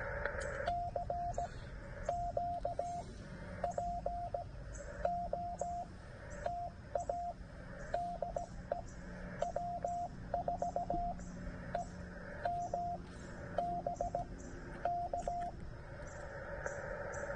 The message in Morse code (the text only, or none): CQ POTA DE W4EMB K